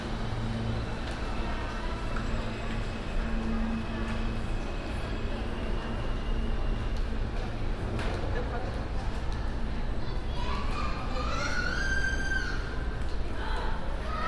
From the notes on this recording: A binaural field recording on the N train, from 36th street Brooklyn to 42nd street Manhattan.